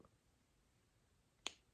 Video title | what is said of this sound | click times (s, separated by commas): Sunday Night Chit Chat - Sephora Haul - Jan 27, 2021 ~-~ LULU BEA | don't you love when things click | 1.5 s